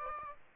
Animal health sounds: mosquito wingbeat signal from an infrared sensor; Aedes aegypti

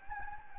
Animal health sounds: mosquito wingbeat signal from an infrared sensor; Anopheles gambiae

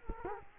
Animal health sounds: mosquito wingbeat signal from an infrared sensor; Culex quinquefasciatus

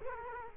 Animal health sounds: mosquito wingbeat signal from an infrared sensor; Culex quinquefasciatus

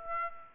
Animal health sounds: mosquito wingbeat signal from an infrared sensor; Aedes aegypti

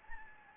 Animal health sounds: mosquito wingbeat signal from an infrared sensor; Anopheles gambiae

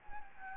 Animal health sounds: mosquito wingbeat signal from an infrared sensor; Anopheles gambiae

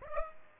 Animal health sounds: mosquito wingbeat signal from an infrared sensor; Aedes aegypti

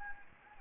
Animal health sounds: mosquito wingbeat signal from an infrared sensor; Anopheles gambiae

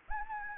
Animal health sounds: mosquito wingbeat signal from an infrared sensor; Anopheles gambiae

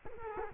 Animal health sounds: mosquito wingbeat signal from an infrared sensor; Culex quinquefasciatus

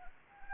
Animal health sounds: mosquito wingbeat signal from an infrared sensor; Anopheles arabiensis

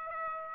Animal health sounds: mosquito wingbeat signal from an infrared sensor; Aedes aegypti

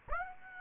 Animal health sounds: mosquito wingbeat signal from an infrared sensor; Aedes aegypti

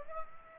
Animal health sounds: mosquito wingbeat signal from an infrared sensor; Aedes aegypti

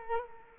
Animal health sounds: mosquito wingbeat signal from an infrared sensor; Culex quinquefasciatus

